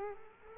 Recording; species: mosquito wingbeat signal from an infrared sensor; Culex quinquefasciatus